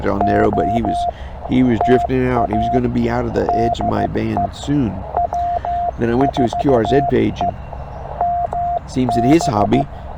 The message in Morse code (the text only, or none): OTA DE W4EMB